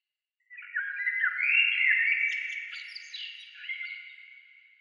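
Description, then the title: Bird singing one continuous phrase, rapid chattering notes and quick slurs rising to a peak then gradually fading, background silent. "Oiseaux"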